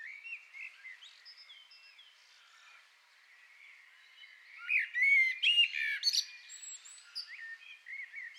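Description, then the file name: Common blackbird delivering a loud phrase of whistled and squeaky notes midway, after softer twittering. "Turdus merula"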